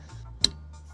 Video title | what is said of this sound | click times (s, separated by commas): Preparing the mystery engine Engine replacement EP.2 | Try and get the mic close to this so you can hear it click. | 0.4 s